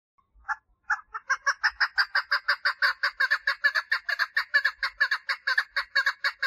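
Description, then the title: Partridge song building from a few isolated rasping notes into a regular, rapid chain of buzzy chuck calls that continues to the end. "Perdiz Cantando"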